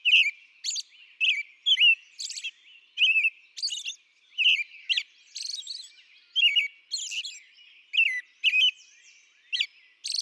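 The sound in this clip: American robin singing a steady carol of rich whistled syllables, rising and falling, punctuated by thin high squeaky notes, phrases following one another almost without break.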